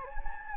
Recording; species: mosquito wingbeat signal from an infrared sensor; Anopheles gambiae